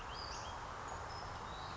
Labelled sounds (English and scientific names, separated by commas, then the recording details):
Western Flycatcher (Empidonax difficilis)
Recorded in Sonoma County, California